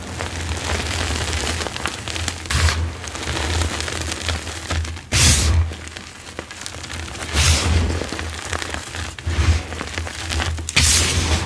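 Crunching and crushing of dyed chalk and cornstarch, a dense crackly grinding that runs without pause. Sharper, brighter crunches break through about every two seconds, the loudest just past five seconds. A low steady hum sits underneath throughout.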